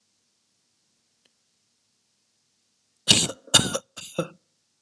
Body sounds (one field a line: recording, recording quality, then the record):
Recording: shallow voluntary cough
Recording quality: excellent, no background noise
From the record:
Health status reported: healthy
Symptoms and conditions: none ticked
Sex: male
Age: 42 years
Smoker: not ticked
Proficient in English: yes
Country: India